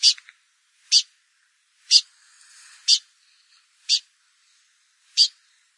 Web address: blyth s pipit bird call